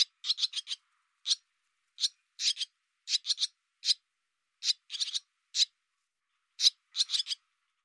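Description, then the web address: Barn swallow uttering short, harsh clicking calls, singly or in clusters of two to four, spaced irregularly over several seconds. "cianscape birddata Deverinetal 2025"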